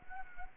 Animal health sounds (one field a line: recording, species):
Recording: mosquito wingbeat signal from an infrared sensor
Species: Culex quinquefasciatus